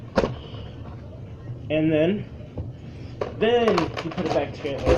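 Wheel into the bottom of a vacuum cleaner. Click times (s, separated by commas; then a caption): 0.2 s. A vacuum wheel on a Shark Rotator Professional Lift-Away vacuum is fitted one side first, then pressed onto the bottom of the vacuum. It snaps into place with one sharp hit at 0.2 s, and the wheel is seated. Someone talks afterward.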